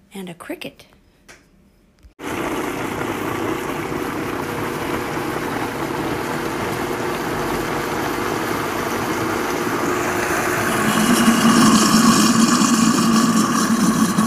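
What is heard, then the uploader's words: A household recording that opens with a couple of seconds of faint clicks and small knocks, then a steady engine-like rumble switches on abruptly. The droning hum holds even and dense, growing louder and a little brighter with a rising whine after ten seconds. Sounds from around our house, mostly in the am.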